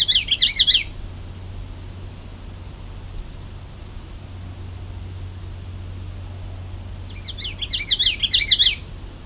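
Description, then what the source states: Common Yellowthroat song, two bursts of quick, rolling, repeated phrases at the start and near the end, separated by several seconds of quiet background hiss. Getting very close to the recordist, near a lake on the Bruce Peninsula.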